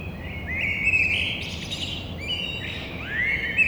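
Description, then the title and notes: Eurasian blackbird singing a run of rich, slurred fluty notes broken by sharp high squeaky flourishes, continuous throughout, with low steady hum behind. Courtyard in Toulouse, Grand Rond, between two windows, at 6:30 on Thursday 9 April. "Merle noir côté cour. Stéphane Marin"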